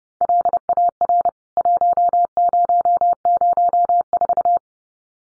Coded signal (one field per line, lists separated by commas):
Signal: Morse code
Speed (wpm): 30 wpm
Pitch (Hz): 700 Hz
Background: none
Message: LAR 1004